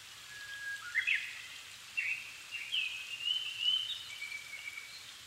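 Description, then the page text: Japanese thrush song with a low sustained whistle, then rising and falling slurred notes and a flat whistle to end, against steady hiss. Japan, altitude 270 m; 7 May 2011 at 17:59, evening; recorded with Sony PCM-D50 and Panasonic WM-61A mic. "Turdus cardis [Sounds -Nikko Today-]"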